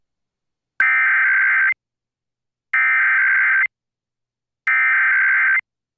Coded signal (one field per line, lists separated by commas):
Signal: Emergency Alert System (SAME) tones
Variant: header bursts